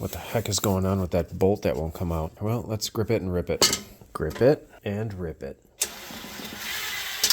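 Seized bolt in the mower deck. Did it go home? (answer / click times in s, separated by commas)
no / 5.8 s, 7.2 s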